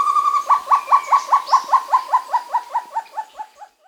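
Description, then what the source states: Short-tailed antthrush song ending, a run of hollow hooting notes that drops slightly in pitch and fades over four seconds. South America.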